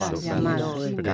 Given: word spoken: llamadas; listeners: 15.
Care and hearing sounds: one Spanish word in noise, from a listening test; four-talker babble; -1.6 dB; 1 of 15; 7 of 15; 0.74 s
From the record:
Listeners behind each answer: 7, 4, 1, 1, 1, 1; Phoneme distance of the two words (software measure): 24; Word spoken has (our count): 3 syllables, 7 phonemes, stress on syllable 2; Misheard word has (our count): 2 syllables, 5 phonemes, stress on syllable 2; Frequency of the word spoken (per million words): 35.64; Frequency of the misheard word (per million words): 53.29

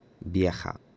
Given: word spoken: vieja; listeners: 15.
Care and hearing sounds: one Spanish word in noise, from a listening test; speech-shaped noise; 30.0 dB; 4 of 15; 11 of 15; 0.57 s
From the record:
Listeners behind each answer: 11, 4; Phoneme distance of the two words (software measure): 10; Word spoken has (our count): 2 syllables, 5 phonemes, stress on syllable 1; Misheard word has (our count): 2 syllables, 5 phonemes, stress on syllable 1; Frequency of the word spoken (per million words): 67.39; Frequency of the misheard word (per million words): 11.23

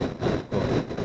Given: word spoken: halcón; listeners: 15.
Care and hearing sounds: one Spanish word in noise, from a listening test; noise modulated by three-talker babble; -6.6 dB; 2 of 15; 7 of 15; 0.65 s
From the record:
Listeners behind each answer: 7, 2, 1, 1, 1, 1, 1, 1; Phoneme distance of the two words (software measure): 17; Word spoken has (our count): 2 syllables, 5 phonemes, stress on syllable 2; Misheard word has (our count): 3 syllables, 6 phonemes, stress on syllable 3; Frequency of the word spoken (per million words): 2.70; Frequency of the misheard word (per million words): 48.97

